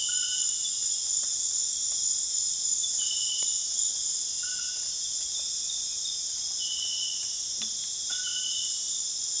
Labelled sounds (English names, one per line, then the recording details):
none
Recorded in dense forest near Puerto Asís, Putumayo, Colombia, on 29 June 2025 at 19:00
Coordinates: 0.484, -76.325
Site H65